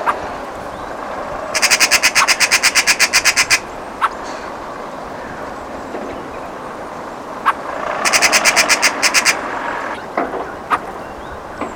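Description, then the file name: Eurasian magpie rattling chatter, two longer bursts of fast, evenly spaced harsh notes about six seconds apart, with occasional single clacks and steady background rumble. "Pica pica"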